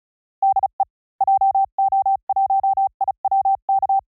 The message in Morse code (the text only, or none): DE JO1IWK